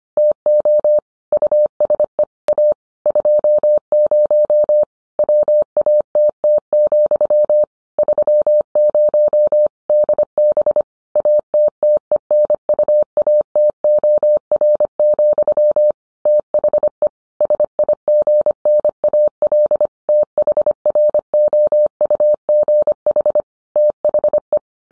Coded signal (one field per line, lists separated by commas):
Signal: Morse code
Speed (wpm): 25 wpm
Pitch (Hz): 600 Hz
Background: none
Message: TO USE A 20 WATT, 30 DB ATTENUATOR, THE SIGNAL THROUGH THE